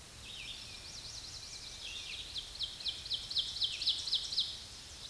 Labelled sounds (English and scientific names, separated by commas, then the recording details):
Ovenbird (Seiurus aurocapilla) song
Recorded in a Pennsylvania forest on 16 May 2024 at 07:34
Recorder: AudioMoth, point MSD-2456
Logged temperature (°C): 16.4 °C
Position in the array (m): 212 m, 129 m